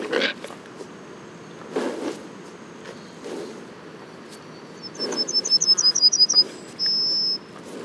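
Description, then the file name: Yellowhammer: several dull knocks come first. A Yellowhammer then sings a quick run of high repeated notes, ending in a sustained, even final note. Les Alisiers, 21 July 2020; several yellowhammers. "200721-11-bruants-jaunes-Les-Alisiers"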